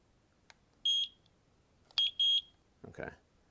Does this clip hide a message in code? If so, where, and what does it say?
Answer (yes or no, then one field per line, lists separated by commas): no